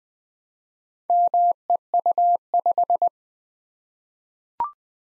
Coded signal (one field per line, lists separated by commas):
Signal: Morse code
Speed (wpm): 20 wpm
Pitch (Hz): 700 Hz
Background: none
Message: MEU5